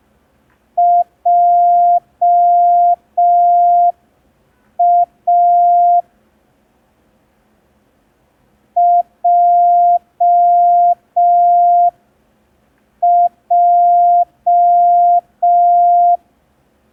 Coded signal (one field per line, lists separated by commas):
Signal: Morse code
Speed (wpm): 5 wpm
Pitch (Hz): 700 Hz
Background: none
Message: JA JJ